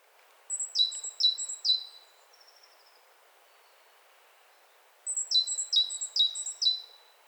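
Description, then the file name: Great tit song: a clear two-note high phrase repeated three times quickly, a pause of about three seconds, then another run of repeated phrases. "Parus major"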